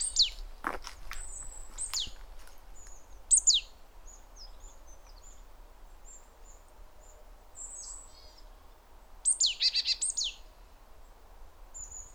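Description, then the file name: Great tit calls: high thin notes and downward sweeps, then a quick burst of rapid repeated notes near the end, over low steady background noise. "Parus major"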